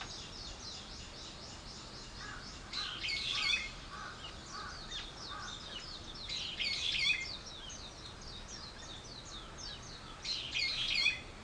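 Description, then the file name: Bird chorus: continuous high twittering from several birds, with three louder bursts of dense chirps. "wild bird"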